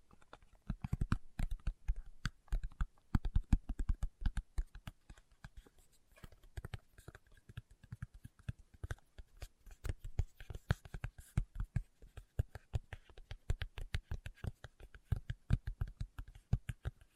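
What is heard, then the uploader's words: Fingertips tap in quick, irregular bursts, each a short dull knock with a low thump and a faint brighter click. The taps come several per second without pause across the whole stretch, sometimes in clustered rolls, with small gaps between flurries. ASMR Tapping with Fingertips (No Talking).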